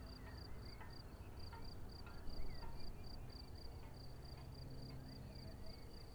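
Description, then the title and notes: Cricket chirps come as high pulses, about two or three a second, above a rumbling motor drone and a few soft bird notes. Crickets chirping at Vogtsburg im Kaiserstuhl, Germany, with a view over the wide plain; engine noise from a small aircraft is heard. "Unnamed Road, 79235 Vogtsburg im Kaiserstuhl, Deutschland - Grillen zirpen. Zirpen der Grillen. Motorenlärm eines Kleinflugzeugs"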